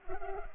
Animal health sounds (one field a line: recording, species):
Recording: mosquito wingbeat signal from an infrared sensor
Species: Culex pipiens